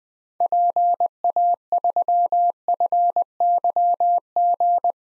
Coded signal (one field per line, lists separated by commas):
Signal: Morse code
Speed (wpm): 20 wpm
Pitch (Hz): 700 Hz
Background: none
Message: PA3FYG